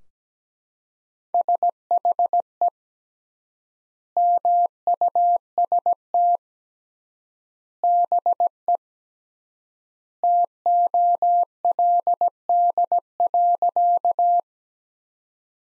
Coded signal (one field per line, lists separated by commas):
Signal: Morse code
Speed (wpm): 17 wpm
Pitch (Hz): 700 Hz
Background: none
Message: SHE MUST BE TOLD.